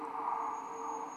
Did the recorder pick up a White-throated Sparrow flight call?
no